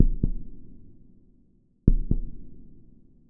Heart Beating.